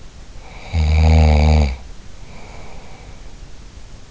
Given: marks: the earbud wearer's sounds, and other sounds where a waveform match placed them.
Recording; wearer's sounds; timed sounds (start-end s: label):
sounds in sleep by an in-ear microphone; snoring breath
0.38-3.34 s: snoring breath